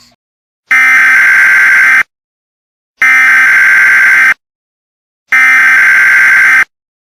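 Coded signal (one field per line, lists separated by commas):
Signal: Emergency Alert System (SAME) tones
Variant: header bursts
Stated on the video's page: Fictional EAS scenario, a remake of another, containing valid EAS tones.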